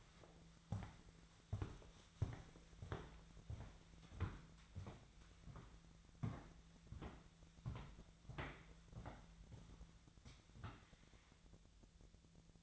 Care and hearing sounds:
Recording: daily activity, microphone in the room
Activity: walk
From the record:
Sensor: 3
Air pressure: 1008.3 hPa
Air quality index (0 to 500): 190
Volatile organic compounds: 14 ppm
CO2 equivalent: 2446 ppm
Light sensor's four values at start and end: 17/41/17/18 and 17/41/18/18

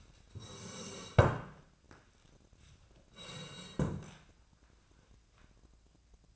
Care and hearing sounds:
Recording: daily activity, microphone in the room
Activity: sit down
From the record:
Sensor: 2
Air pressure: 1012.2 hPa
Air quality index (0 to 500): 164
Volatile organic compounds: 2 ppm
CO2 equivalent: 1202 ppm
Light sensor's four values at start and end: 67/156/72/89 and 48/121/53/60

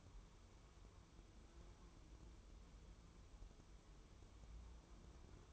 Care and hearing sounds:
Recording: daily activity, microphone in the room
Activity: wipe stove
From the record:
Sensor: 1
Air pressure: 1015.2 hPa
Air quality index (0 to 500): 79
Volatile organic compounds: 2 ppm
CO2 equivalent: 1038 ppm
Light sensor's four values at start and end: 14/32/13/15 and 14/32/13/15

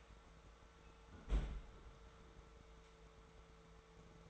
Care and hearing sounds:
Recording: daily activity, microphone in the room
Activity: close fridge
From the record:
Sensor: 3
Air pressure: 1014.8 hPa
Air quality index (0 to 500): 196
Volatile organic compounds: 26 ppm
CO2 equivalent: 2856 ppm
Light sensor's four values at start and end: 13/32/13/14 and 13/34/14/14

